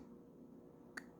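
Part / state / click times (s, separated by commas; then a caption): small screw into the threaded hole of a spring-loaded puncture cap / seated / 1.0 s. A small screw, held under spring pressure in the threaded hole of a Salt Supply S2 puncture cap, is turned backwards with a 2 mm Allen key. A single short, sharp click is heard at 0.98 s over a low, steady background as the screw's thread drops into the start of the metal thread. The screw is seated and ready to be tightened.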